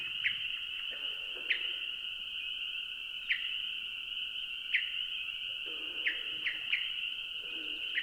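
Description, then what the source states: Spring Peeper chorus: an unbroken, high, shimmering wall of peeps, with short sharp notes at irregular intervals. Distant chorus in the background, at dusk in early June, Adirondack Mountains, upstate New York.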